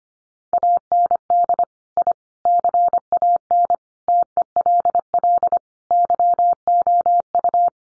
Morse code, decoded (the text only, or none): AND I CAN TELL YOU